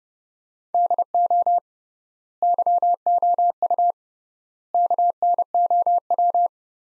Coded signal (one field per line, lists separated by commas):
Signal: Morse code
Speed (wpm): 30 wpm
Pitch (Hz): 700 Hz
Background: none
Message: DO YOU KNOW